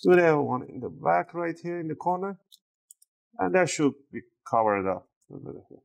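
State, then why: Released. Someone talks while a plastic guitar-pick opening tool is pushed between the palm rest and the bottom cover at the back corner of an Acer Aspire 5 A514-53-56UF laptop and twisted to open it for a RAM upgrade. Sharp clicks at 2.9 s and 3.0 s mark the plastic retaining clip of the bottom cover popping loose and releasing.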